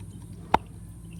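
A paper oil filter cartridge for a 2008 Cadillac 3.6L V6 is pushed into its plastic housing cap, giving a single short, sharp click at 0.5 s against a quiet low background. The cartridge is seated, so the cap can now be held upright without the filter falling out.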